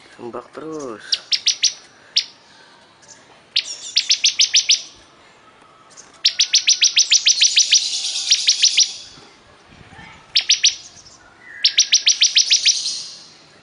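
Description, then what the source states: Bar-winged prinia giving spaced bursts of rapid, high ticking notes and a longer buzzy run, with a brief low wavering sound at the start. Persistent, vigorous singing (gacor).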